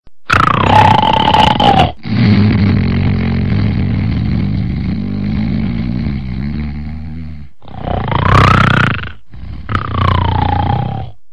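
A long, low, rattling buzz is heard on the in-breath, framed by shorter noisy bursts with a whistling, gliding tone. This is loud snoring, with airway tissue vibrating during sleep. It is a sound effect.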